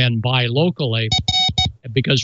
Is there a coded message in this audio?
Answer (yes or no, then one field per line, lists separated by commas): no